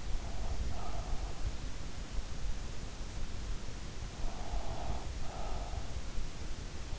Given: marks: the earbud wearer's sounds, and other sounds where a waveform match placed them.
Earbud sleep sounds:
sounds in sleep by an in-ear microphone; breath
0.00-1.79 s: breath
3.94-6.44 s: breath

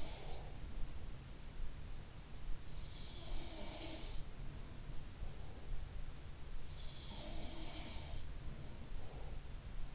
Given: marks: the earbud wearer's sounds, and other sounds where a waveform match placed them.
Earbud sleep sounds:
sounds in sleep by an in-ear microphone; breath
0.00-1.52 s: breath
2.80-4.56 s: sound from someone else or the room
6.57-8.20 s: sound from someone else or the room
8.97-9.48 s: breath

